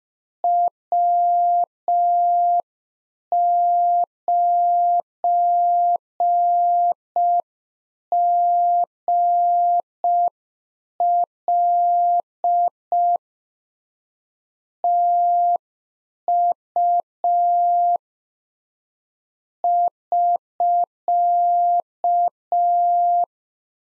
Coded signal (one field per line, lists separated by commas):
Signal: Morse code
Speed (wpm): 5 wpm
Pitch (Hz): 700 Hz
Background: none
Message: W9GL TU <SK>